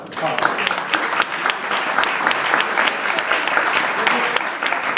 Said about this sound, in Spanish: ¿Quiénes son de Grecia? Un aplauso para Grecia.